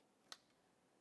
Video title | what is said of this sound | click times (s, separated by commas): How to Replace Mass Air Flow Sensor 2008-2017 Mitsubishi Lancer 2.4L L4 | Just go ahead and press that in and listen for a click. | 0.3 s